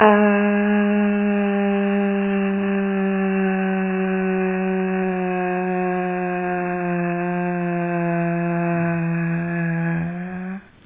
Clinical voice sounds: sustained vowel /a/; female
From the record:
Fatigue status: fatigue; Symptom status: symptomatic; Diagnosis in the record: COVID-19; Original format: 3gp

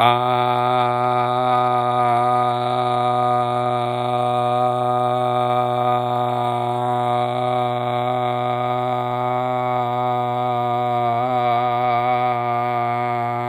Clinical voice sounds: sustained vowel /a/; male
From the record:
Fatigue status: no fatigue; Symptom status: symptomatic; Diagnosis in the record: COVID-19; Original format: m4a

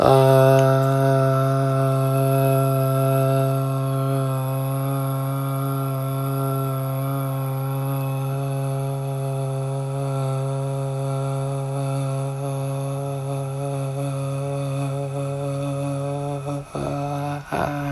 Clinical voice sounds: sustained vowel /a/; male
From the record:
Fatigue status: no fatigue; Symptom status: asymptomatic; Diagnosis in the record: COVID-19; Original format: m4a

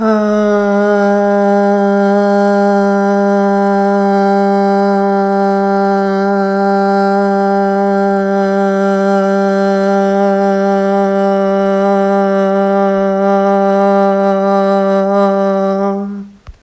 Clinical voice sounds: sustained vowel /a/; female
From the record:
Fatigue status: no fatigue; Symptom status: symptomatic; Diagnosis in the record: COVID-19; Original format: m4a

